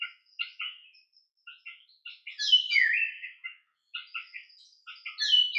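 Mayotte drongo giving scattered short chips, broken by a louder whistle that slides downward, then more quick chips.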